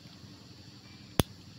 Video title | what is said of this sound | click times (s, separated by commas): Part 2 cara perawatan alat super jet, harganya mahaaaaal sangat.. 😁 | lakukan kokang dengan bunyi klik perhatikan ini ya ini ketika terangkat dan terdengar bunyi klik maka hentikan ya | 1.2 s